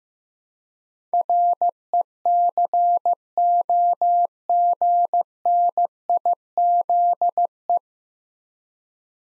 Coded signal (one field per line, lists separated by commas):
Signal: Morse code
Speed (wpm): 15 wpm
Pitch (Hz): 700 Hz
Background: none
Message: RECOGNIZE